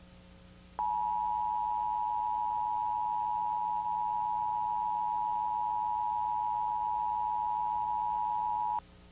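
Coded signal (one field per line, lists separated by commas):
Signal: Emergency Alert System (SAME) tones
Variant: 853 and 960 Hz attention tone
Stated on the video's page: Tornado warning EAS alert recorded off a PBS television broadcast during a program in the mid-2000s.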